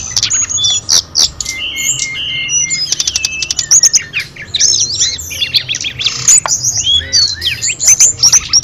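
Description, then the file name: Sunda robins in chorus, rapid high whistled phrases and buzzy trills overlapping, broken by brief clicks and short pauses. Five birds singing together. "audio-gathering-5-ekor-tledekan"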